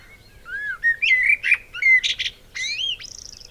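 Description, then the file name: Eurasian blackbird giving a rich, fluted warble that rises and falls, closing with a thin, squeaky high flourish. "Turdus merula"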